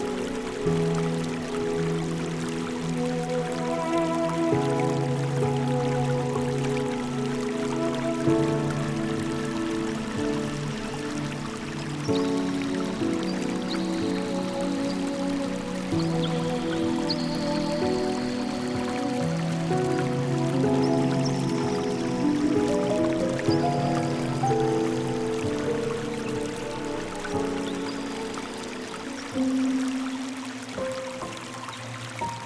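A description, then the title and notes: Soft piano notes ring out over the steady rush of a river, the chords shifting slowly every few seconds. The water stays constant underneath at an even level, with a few faint high tones drifting in mid-clip before a slight dip near the end. The music selection features soft instrumental pieces, such as the piano, that complement the natural sound of the river.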